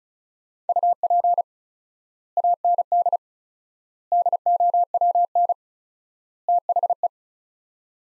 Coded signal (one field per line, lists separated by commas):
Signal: Morse code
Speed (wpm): 36 wpm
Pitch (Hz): 700 Hz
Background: none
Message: UP AND DOWN THE